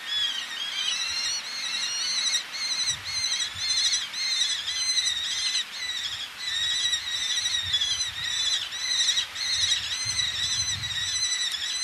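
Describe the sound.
Eleonora's falcon giving many harsh, nasal notes in a fast, somewhat irregular series.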